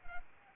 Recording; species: mosquito wingbeat signal from an infrared sensor; Anopheles arabiensis